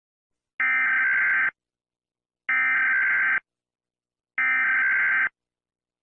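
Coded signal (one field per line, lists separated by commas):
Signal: Emergency Alert System (SAME) tones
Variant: header bursts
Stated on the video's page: Simulated EAS siren and alarm sounds in a Northwest Airlines Boeing 747-400 roleplay.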